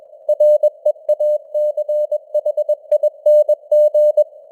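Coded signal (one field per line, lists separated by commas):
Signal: Morse code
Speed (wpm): 21 wpm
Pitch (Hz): 600 Hz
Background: none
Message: REACHING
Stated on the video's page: Morse news headlines at 21 wpm with simulated radio noise and varying signal strength (QSB); an experiment.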